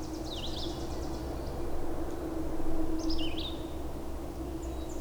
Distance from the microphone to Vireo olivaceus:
about 60 m